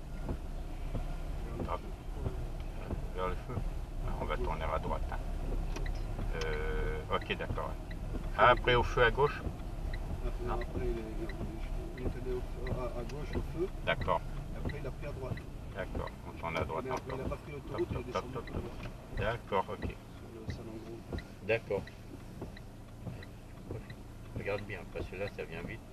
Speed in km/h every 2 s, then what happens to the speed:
16, 16, 18, 17, 17, 16, 15, 13, 8, 0, 0, 0, 0.
0-13 steady at about 16. 13-17 brakes to 0. 17-26 standing.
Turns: none.